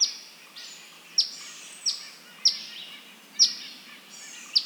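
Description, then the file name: Eastern phoebe uttering a series of sharp, high chips at somewhat uneven intervals, about one a second. "Eastern Phoebe - Sayornis phoebe"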